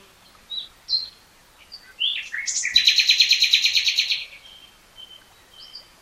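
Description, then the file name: Common nightingale song: a few scattered chirps, then a loud, rapid pulsed trill of rattling notes lasting over a second before a pause and soft notes. "Luscinia megarhynchos"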